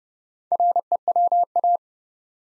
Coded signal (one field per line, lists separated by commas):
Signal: Morse code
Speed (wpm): 30 wpm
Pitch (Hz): 700 Hz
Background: none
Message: REWA